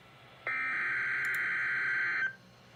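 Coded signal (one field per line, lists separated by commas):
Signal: Emergency Alert System (SAME) tones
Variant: header bursts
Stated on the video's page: Severe thunderstorm warning from NOAA weather radio transmitter located in Roanoke, Virginia.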